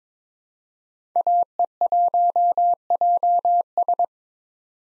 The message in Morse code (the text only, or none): AE1JS